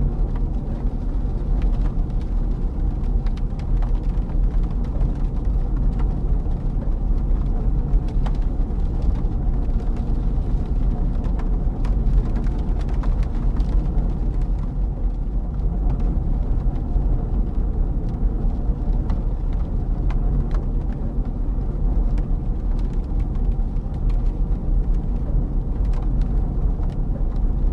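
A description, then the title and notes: A clothes dryer rumbles steadily and deep, its low drone filling the room without letting up. Over it, scattered light taps and ticks of rain land on the window at irregular moments, a little busier around the middle. While You're Waiting For the Dryer to Finish, You Can Enjoy This Rainy Window Seat.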